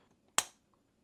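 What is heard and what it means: The metal karambit ring attachment's bar is pushed into the channel of a ZYACKNIVES Z02 folding knife handle until the small pins on both sides click into place. A single sharp, bright pop sounds at 0.4 s and fades quickly over about a fifth of a second, with near silence around it. The attachment is seated and locked solid, with no side-to-side movement.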